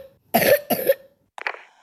A little one with a wet cough.